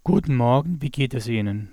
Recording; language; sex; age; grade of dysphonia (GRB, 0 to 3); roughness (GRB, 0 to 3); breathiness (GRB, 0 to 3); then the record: spoken sentence; German; male; 40 to 49 years; 2; 1; 2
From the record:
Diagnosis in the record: recurrent laryngeal nerve paralysis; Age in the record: 43 years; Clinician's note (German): Re, nach Halswirbelsäulenfraktur (in Intermediärstellung ohne Restbeweglichkeit)